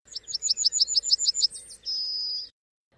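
Yellowhammer song: a rapid series of high, dry chirped notes, then a long, drawn-out high note ending the phrase.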